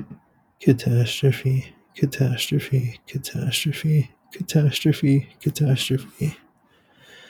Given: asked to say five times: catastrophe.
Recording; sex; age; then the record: repeated word; male; 30 to 39 years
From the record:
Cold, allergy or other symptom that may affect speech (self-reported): no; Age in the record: 32 years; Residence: California, United States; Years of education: 18